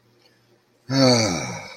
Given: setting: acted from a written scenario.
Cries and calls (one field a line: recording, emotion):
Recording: vocal sound without words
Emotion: relief